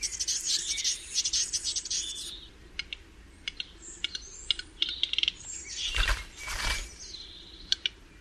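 Bird calls, bursts of high twittering and clicking notes, with two short loud rushing noises near the end among scattered chirps.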